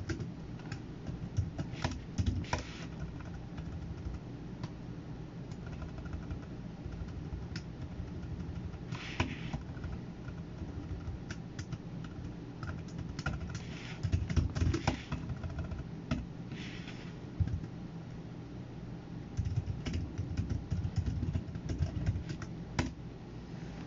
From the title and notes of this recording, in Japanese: パソコン作業中の音です。Eluに画像を出品する → メール送信など他のことを行う → eluに画像を出品する の順で行っています。